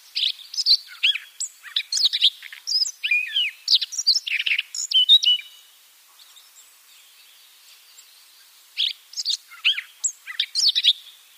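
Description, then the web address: Siberian rubythroat song: a long rapid stream of varied warbling, scratchy and whistled notes, pausing for about three seconds before resuming with more tumbling phrases. "Schulze Peter Siberian Rubythroat song"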